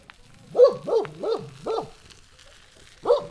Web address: hanggyujtemeny kerekpar varosi 2014 vasutallomasrolelkerekezok kutya hortobagy